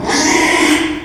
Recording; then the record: squeal of a Yucatan mini pig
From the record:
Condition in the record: after surgery on the right vocal fold (resection and tissue-engineered implant); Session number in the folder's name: 3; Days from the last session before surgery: 33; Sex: male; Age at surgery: 12 weeks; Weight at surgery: 13 kg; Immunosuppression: cyclosporine, prednisolone